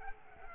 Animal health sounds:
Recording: mosquito wingbeat signal from an infrared sensor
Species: Culex quinquefasciatus

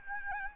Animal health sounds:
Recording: mosquito wingbeat signal from an infrared sensor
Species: Aedes albopictus

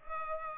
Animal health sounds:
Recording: mosquito wingbeat signal from an infrared sensor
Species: Culex pipiens

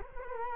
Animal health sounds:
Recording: mosquito wingbeat signal from an infrared sensor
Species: Culex quinquefasciatus

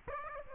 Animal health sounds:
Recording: mosquito wingbeat signal from an infrared sensor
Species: Aedes aegypti

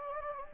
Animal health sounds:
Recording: mosquito wingbeat signal from an infrared sensor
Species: Anopheles gambiae

